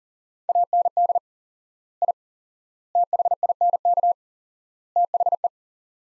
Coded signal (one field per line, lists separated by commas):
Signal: Morse code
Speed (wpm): 40 wpm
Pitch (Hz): 700 Hz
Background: none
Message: AND I THINK THE